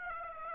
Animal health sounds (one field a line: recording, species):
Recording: mosquito wingbeat signal from an infrared sensor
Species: Aedes aegypti